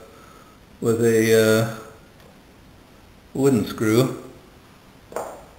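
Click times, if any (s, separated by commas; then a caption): 5.2 s. Someone talks while a wood screw is backed off in its existing threaded wooden hole. At 5.2 s a short, sharp click is heard as the thread start drops into alignment, seating the screw so it is ready to be turned in.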